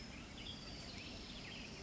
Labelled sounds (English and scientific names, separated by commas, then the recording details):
Western Tanager (Piranga ludoviciana)
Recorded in Sonoma County, California